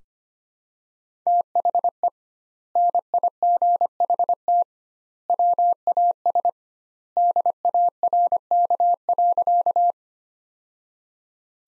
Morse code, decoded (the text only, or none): THE NIGHT WAS DARK.